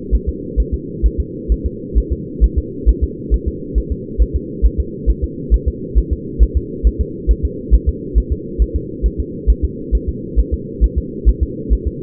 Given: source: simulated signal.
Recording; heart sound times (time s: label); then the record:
fetal heart sounds
0.15 s: S1
0.29 s: S2
0.60 s: S1
0.74 s: S2
1.06 s: S1
1.20 s: S2
1.52 s: S1
1.66 s: S2
1.98 s: S1
2.12 s: S2
2.44 s: S1
2.58 s: S2
2.89 s: S1
3.03 s: S2
3.34 s: S1
3.48 s: S2
3.78 s: S1
3.92 s: S2
4.22 s: S1
4.36 s: S2
4.66 s: S1
4.80 s: S2
5.10 s: S1
5.24 s: S2
5.54 s: S1
5.68 s: S2
5.98 s: S1
6.13 s: S2
6.43 s: S1
6.57 s: S2
6.87 s: S1
7.01 s: S2
7.31 s: S1
7.45 s: S2
7.74 s: S1
7.89 s: S2
8.18 s: S1
8.32 s: S2
8.62 s: S1
8.76 s: S2
9.06 s: S1
9.20 s: S2
9.50 s: S1
9.64 s: S2
9.95 s: S1
10.09 s: S2
10.39 s: S1
10.54 s: S2
10.84 s: S1
10.98 s: S2
11.29 s: S1
11.43 s: S2
11.73 s: S1
11.88 s: S2
From the record:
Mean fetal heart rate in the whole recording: 135 bpm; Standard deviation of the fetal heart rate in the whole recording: 3 bpm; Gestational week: 34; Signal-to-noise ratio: -4.1 dB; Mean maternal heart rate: no maternal heart sound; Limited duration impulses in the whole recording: absent